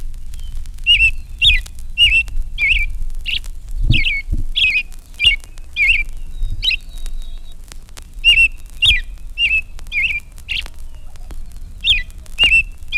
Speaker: First, the rather indefinite carol of a robin.